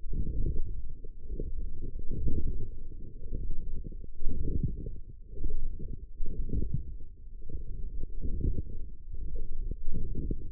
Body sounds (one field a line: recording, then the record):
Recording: forearm muscle sounds (acoustic myography)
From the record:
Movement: forearm pronation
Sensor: system 1, eight BSWA MPA416 microphones around the upper forearm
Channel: 6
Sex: male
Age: 23 years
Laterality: right